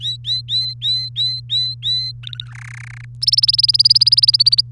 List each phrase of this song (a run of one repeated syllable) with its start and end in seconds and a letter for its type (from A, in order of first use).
0.00-2.12 A, 2.23-2.51 B, 2.51-3.05 C, 3.21-4.61 D